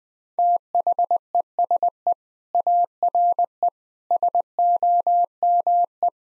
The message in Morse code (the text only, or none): THESE ARE SOME